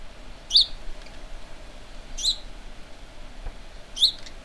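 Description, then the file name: House sparrow giving three short chirps spaced nearly two seconds apart, over low background noise. "Passer domesticus"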